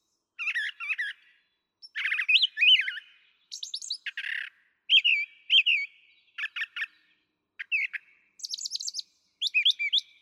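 Brown thrasher singing a string of varied phrases, rich warbles mixed with buzzy notes and high chirps, many of them paired, with brief gaps between them.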